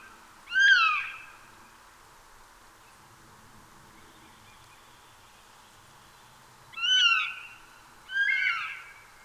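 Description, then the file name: Eurasian jay calls: three short, downward-sweeping notes, one near the start and a pair about a second and a half apart near the end, with quiet between. "Garrulus glandarius"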